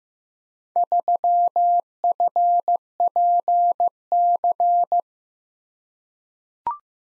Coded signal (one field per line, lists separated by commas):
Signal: Morse code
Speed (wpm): 15 wpm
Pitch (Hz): 700 Hz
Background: none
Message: 3FPC